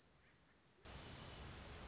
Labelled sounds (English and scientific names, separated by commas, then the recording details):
Orange-crowned Warbler (Leiothlypis celata)
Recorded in Sonoma County, California